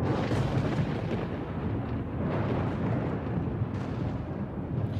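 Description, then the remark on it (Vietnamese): Loud, continuous booming thunder as five purple lightning bolts strike in a row, several sharp crackling strikes bursting through a deep, sustained rumble, with no voices. “Chú lệnh ầm ầm từ trên tầng không, liên tục là 5 tia sét màu tím đánh thẳng xuống huyết nhi quỷ.”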